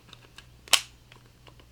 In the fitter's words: the bottom click clicks in know if you heard that there's a button right here to release it it clicks and then